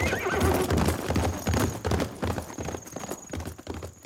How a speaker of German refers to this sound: Wie pfeilschnell sein Pferd davonspringt. Was das wohl bedeutet?